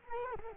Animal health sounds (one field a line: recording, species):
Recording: mosquito wingbeat signal from an infrared sensor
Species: Culex quinquefasciatus